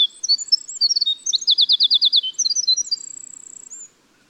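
Winter wren song: a rapid cascade of high tinkling notes and trills, with a fast pulsed trill near the middle and a thin, fine trill at the end.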